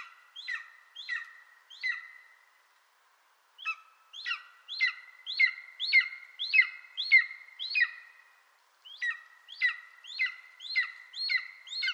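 Bird calling in quick series of harmonic notes that drop sharply at the end, in three bursts separated by short silent gaps.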